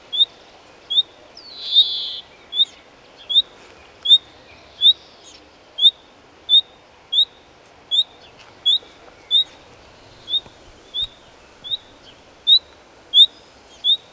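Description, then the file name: Common nightingale giving short rising whistled calls, repeated steadily about every 0.7 seconds throughout, one louder breathy note early on, over a faint steady background hiss. "Luscinia megarhynchos"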